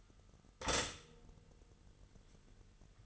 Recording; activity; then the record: daily activity, microphone in the room; stop toaster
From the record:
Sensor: 4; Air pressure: 989.4 hPa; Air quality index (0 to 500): 217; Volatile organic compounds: 69 ppm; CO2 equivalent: 3507 ppm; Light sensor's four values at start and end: 23/81/30/32 and 23/82/30/32